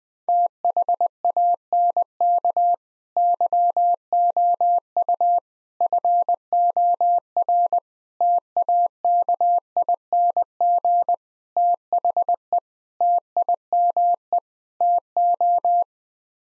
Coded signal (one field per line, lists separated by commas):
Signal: Morse code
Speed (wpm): 21 wpm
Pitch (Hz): 700 Hz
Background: none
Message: THANK YOU FOR TAKING THE TIME TO